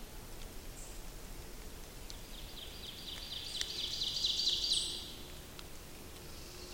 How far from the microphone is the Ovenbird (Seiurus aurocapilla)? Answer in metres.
about 50 m